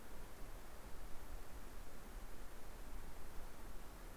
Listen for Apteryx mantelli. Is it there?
no